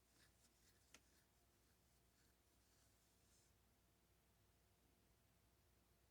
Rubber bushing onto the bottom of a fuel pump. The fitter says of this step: Once you hear it click, you know you got it all the way up.